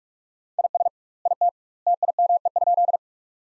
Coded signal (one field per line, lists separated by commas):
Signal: Morse code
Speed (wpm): 46 wpm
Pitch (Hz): 700 Hz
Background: none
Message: IS IT TIME?